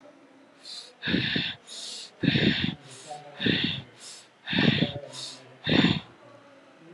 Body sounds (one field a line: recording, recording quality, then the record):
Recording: shallow breathing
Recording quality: excellent, no background noise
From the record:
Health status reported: COVID-19 positive, moderate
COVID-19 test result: positive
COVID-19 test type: RT-PCR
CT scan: not taken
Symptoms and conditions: cough, cold, loss of smell and taste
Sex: male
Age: 28 years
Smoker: no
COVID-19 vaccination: none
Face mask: not worn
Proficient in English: yes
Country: India